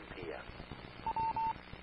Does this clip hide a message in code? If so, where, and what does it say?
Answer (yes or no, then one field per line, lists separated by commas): no